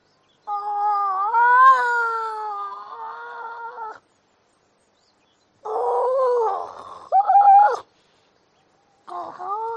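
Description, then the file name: Seal giving long, wavering tonal moans: one drawn-out cry lasting over three seconds, then a shorter wobbling call, and the start of another moan at the end, with silence between. "audio hero Seal"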